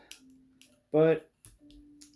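Plastic arm joints on a Studio Series 86 Grimlock action figure are straightened by hand. Two small, soft clicks are heard at 0.1 and 0.6 seconds, the joints seating straight, and someone talks briefly around 1.0 seconds.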